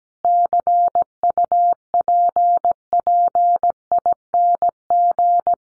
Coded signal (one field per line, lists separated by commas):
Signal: Morse code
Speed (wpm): 17 wpm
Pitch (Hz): 700 Hz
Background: none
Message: CUPPING